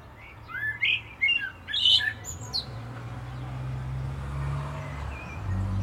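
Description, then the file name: Common blackbird song, one phrase of low fluted whistles ending in a squeaky high twitter, followed by a steady low hum. "Turdus merula"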